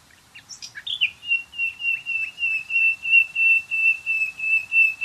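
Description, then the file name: Common nightingale giving a few brief chirps, then a long, steady whistled note pulsing about three times a second. "Luscinia megarhynchos"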